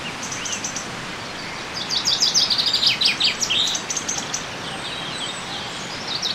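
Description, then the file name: Common chaffinch song: a few faint high notes, then a rapid series of bright notes tumbling downward, over steady background hiss. "Fringilla coelebs"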